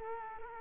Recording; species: mosquito wingbeat signal from an infrared sensor; Culex quinquefasciatus